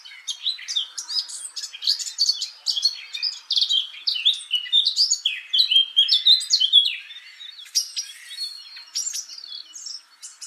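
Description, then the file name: Eurasian blackcap giving a long, hurried warble of scratchy chirps mixed with clearer fluty notes, fading slightly near the end. "Sylvia atricapilla"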